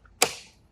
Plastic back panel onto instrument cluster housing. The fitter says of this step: all those clips around the edges, you just want to locate them and make sure it's all lined up until you hear that click.